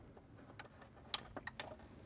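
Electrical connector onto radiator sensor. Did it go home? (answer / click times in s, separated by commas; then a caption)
yes / 1.1 s. A plastic electrical connector is pushed back onto the radiator-area sensor during a radiator replacement on a BMW E90 with the N52 engine (2006–2013 128i, 325i, 328i, 330i, Z4). Faint ticks and small plastic knocks lead up to a sharp, bright snap at 1.1 s as the connector clicks in and seats. A few softer clicks follow as it is handled.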